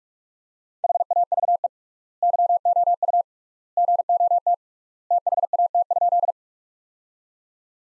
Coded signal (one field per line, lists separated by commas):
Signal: Morse code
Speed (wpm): 45 wpm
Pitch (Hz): 700 Hz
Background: none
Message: HAVE YOU GOT THAT?